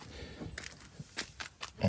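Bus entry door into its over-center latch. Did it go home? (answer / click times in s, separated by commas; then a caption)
no / none. A collision-damaged MCI bus entry door, whose bumper hit another bus, is pushed closed toward its over-center latch, making a series of short knocks and rattles at about 0.6, 0.7, 1.4, 1.6 and 1.8 seconds. The latch has not caught or clicked yet, and the door still has a little way to go.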